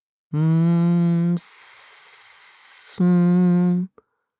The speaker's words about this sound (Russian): Он раздавался где-то очень близко, пробивался сквозь пелену сна и походил на шипение змеи, но не настоящей, а какой-то гигантской или мутировавшей твари, так как он вибрировал и менял тональность, заставляя сжиматься и дрожать от страха.